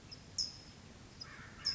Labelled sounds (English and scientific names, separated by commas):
California Towhee (Melozone crissalis)